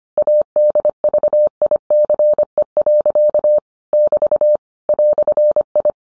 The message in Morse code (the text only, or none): ADVICE. <BT> "I